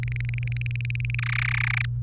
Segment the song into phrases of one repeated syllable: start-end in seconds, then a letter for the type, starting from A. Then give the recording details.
0.03-1.15 A, 1.19-1.85 B. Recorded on 27 April 2018 at 16:47. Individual llb3